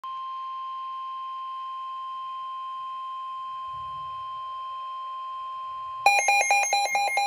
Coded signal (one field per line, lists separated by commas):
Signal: Emergency Alert System (SAME) tones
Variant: 1050 Hz attention tone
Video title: NOAA Weather Radio - Severe Thunderstorm Warning [EAS #125] (4/16/22)